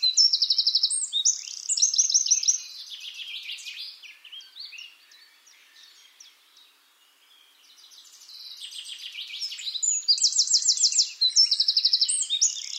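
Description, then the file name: Eurasian wren song, loud, fast, metallic trills and chattering notes at the beginning, a softer lull midway, then another burst of shrill, rapid trills. "Troglodytes troglodytes"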